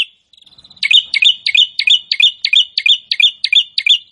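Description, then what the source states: Prinia song: a soft stuttering lead-in, then a rapid run of buzzy chip notes, about three per second, in a steady, insistent rhythm. Prinia singing prolifically ('gacor').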